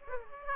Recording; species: mosquito wingbeat signal from an infrared sensor; Aedes aegypti